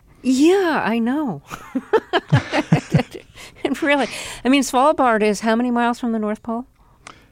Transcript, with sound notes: Yeah. I know.
(LAUGHTER)
Really. I mean, Svalbard is how many miles from the North Pole?